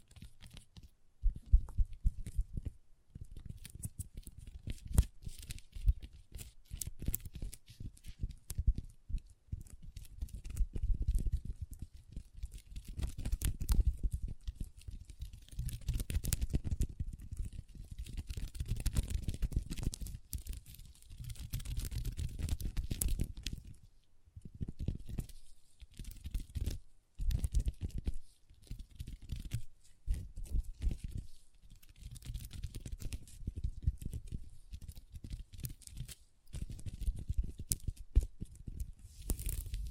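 Long nails tap and scratch across a tabletop in a dense, uneven stream of quick clicks and raspy strokes. The scratching swells into longer scraping passages, around 15–22 seconds and again near 30, with brief pauses between bursts and soft thumps underneath.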